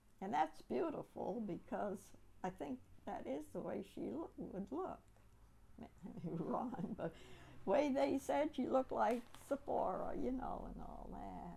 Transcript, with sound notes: and that's beautiful because I think that is the way she loo-, would look. [Laughs] I may be wrong, but the way they said she looked like Sephorah, you know, and all that.